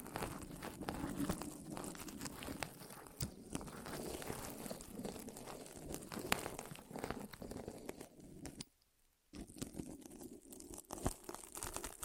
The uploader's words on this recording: ASMR Rolling On Your Ears (No Talking).